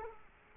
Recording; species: mosquito wingbeat signal from an infrared sensor; Culex quinquefasciatus